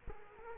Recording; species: mosquito wingbeat signal from an infrared sensor; Culex quinquefasciatus